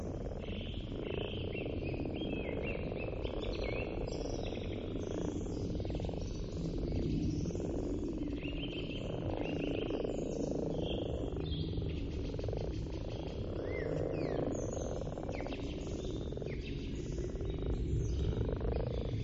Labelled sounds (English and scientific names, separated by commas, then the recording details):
Common Frog (Rana temporaria) call
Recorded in the wild
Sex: male
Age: adult
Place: Brunow, Gamengrund, Brandenburg, DE
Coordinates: 52.7264, 13.8958
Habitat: lake
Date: 1995-04-16 20:24
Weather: Luft: 5°C, Wasser: 5 °C, bedeckt
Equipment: Sony TCD-D3, Sennheiser ME 80, K 30 AV, Stativ und Windkorb
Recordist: Frommolt, Karl-Heinz